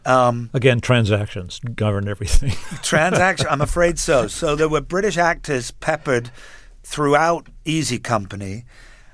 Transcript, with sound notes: Again, transactions govern everything (laughter).
Transaction - I'm afraid so. So there were British actors peppered throughout Easy Company.